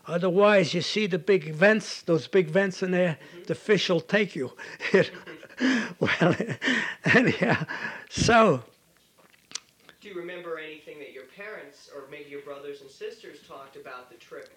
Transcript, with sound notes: Otherwise you see the big vents? Those big vents in there? The fish will take you." (He laughs) Well, anyhow, so...
Do you remember anything that your parents, or maybe your brothers and sisters talked about the trip over?